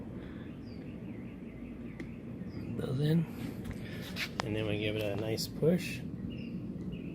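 Someone talks while pressing a new plastic BMW roundel emblem by hand toward its mounting holes on the body panel of a BMW E60, lining up its clips. A few faint brief ticks sound over a steady background hiss with light bird chirps. Nothing has seated or clicked yet.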